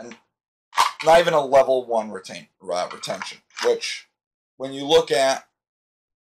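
A pistol is handled at a holster that has no retention device, not even level one, while someone talks in bursts with short pauses. The pistol has not yet clicked or seated in the holster by the end of the clip.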